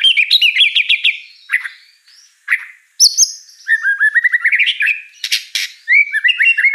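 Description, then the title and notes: White-rumped shama song: varied whistled phrases, sliding notes and sharp chips, with a brief click partway through. Lure song of a lively singing white-rumped shama with a rich, varied repertoire. "Pancingan Gacor Murai Batu Bongkar Isian Mewah. Audio Murai Batu Dongfeng"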